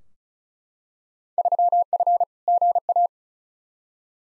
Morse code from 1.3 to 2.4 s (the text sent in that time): 3F